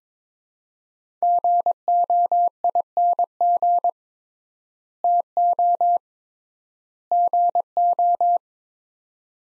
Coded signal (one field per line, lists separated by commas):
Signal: Morse code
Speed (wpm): 22 wpm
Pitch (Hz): 700 Hz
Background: none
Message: GOING TO GO